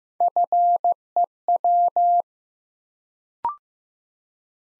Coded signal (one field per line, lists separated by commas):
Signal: Morse code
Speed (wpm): 15 wpm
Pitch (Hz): 700 Hz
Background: none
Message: FEW